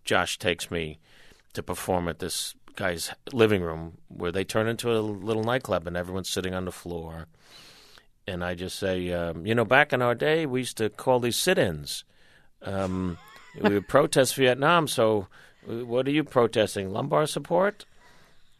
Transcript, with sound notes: Josh takes me to perform at this guy's living room, where they turn into a little nightclub and everyone's sitting on the floor. And I just say, you know, back in our day, we used to call these sit-ins.
(Laughter).
We would protest Vietnam. So what are you protesting, lumbar support?